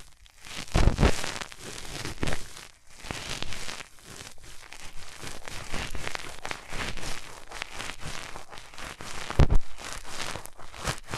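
Hands rubbing over the ears make dense, continuous rustling and crinkling with no talking. The friction comes in uneven bursts and strokes throughout, with soft thumps near the start, just after two seconds, and around nine and a half seconds.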